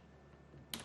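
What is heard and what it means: The full-metal drill chuck on a hammer drill is tightened by hand over a low, steady background hum until it gives a sharp, bright locking click at 0.7 s. The click confirms the chuck is locked in place.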